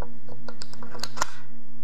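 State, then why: Seated. A battery is matched by its center stud to the contact on the body of an AN/PRC 521 manpack radio transceiver and turned clockwise. Light scraping ticks lead up to two sharp clicks at 1.0 and 1.2 seconds as it snaps into place and seats. A steady low hum runs underneath.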